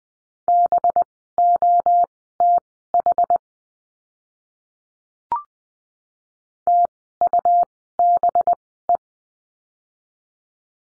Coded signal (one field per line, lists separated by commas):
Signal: Morse code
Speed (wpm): 20 wpm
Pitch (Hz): 700 Hz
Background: none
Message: BOTH TUBE